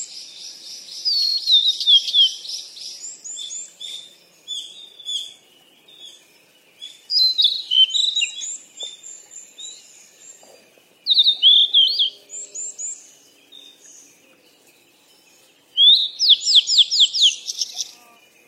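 Several birds chirp and trill in high, bright bursts, with loud phrases near 1, 7, 11 and 16 seconds over a quiet background.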